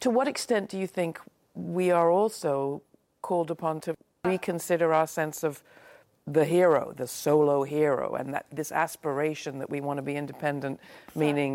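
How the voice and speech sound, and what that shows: One adult woman speaks fluently with steady, clear voicing and natural pauses; ordinary speech.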